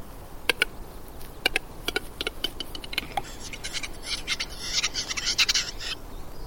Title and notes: Working to Protect the Capercaillie. The native pinewood forests of the Scottish Highlands are home to many species, but among the most striking is the Western Capercaillie – the largest living grouse species. BirdNote